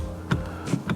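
A driver airbag module is pressed back into a carbon fiber steering wheel until its spring clips engage. Two short clicks are heard at 0.3 s and 0.9 s, likely the two retaining clips, over a low steady hum. The airbag module is seated.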